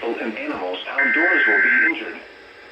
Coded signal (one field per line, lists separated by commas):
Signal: Emergency Alert System (SAME) tones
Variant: header bursts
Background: speech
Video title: EAS alerts from 5/20/24 and 5/21/2024